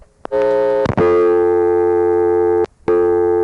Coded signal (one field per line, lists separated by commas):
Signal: telephone call progress tone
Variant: North America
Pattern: dial tone